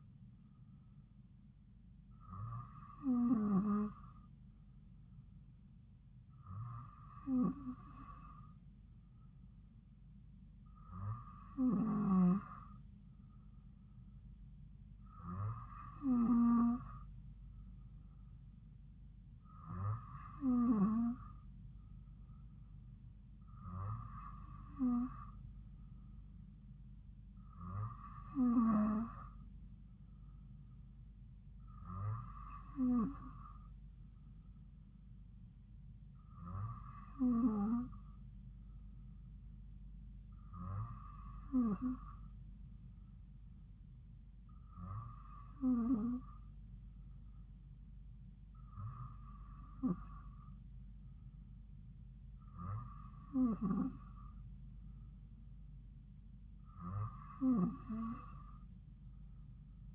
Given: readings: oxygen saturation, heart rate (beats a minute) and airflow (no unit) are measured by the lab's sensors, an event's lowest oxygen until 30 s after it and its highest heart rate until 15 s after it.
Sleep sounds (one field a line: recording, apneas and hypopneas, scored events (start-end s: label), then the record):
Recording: breathing in sleep by a smartphone at the bedside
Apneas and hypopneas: none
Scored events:
48.00-59.95 s: new sleep stage, N2 (light sleep)
From the record:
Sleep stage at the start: N3 (deep sleep)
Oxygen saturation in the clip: 94%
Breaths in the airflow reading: 14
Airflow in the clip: -2.5 to 2.5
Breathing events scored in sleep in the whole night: 270 in 6.1 hours asleep